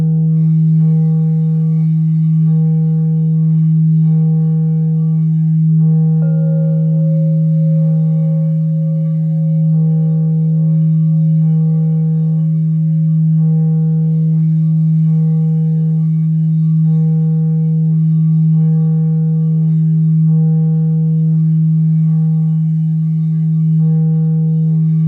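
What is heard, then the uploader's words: A crystal singing bowl rings with a deep, steady hum that holds at an even level for the whole stretch. Higher overtones above it pulse gently at a regular pace, a shimmering wobble about every second. Around six seconds a brief higher tone slides in. Crystal singing bowl.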